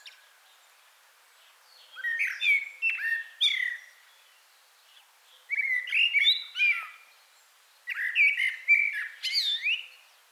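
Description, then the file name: Common blackbird song: three separate warbled phrases, each starting with low fluty notes and ending in a high squeaky twitter, with quiet pauses between. "Turdus merula"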